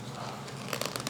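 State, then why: Not seated. The foam top wing of an EAZYRC PA-18 Super Cub beginner RC plane is slid into the back slot of the fuselage and pressed down toward its snap-fit. Soft foam rubbing and crinkling are heard, with brief sharp handling ticks at 0.7, 0.8 and 1.0 seconds. Nothing has seated or clicked yet.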